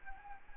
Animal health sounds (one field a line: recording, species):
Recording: mosquito wingbeat signal from an infrared sensor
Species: Anopheles arabiensis